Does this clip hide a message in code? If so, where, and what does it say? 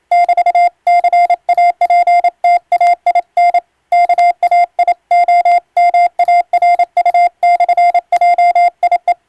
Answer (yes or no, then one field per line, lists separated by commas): yes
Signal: Morse code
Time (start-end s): 0.1-9.1 s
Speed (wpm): 27 wpm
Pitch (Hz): 700 Hz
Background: none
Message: <BT>CAPTAIN KAIOMARU/JIE